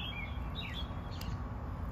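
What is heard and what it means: A plastic stackable electrical connector plug from a Lego Education 9688 Solar Wind construction set is pressed onto another connector or battery pack, which it must click into so the lights and motors will work. A short, faint click at 1.2 s shows it seating in place, heard over steady birds chirping in the background.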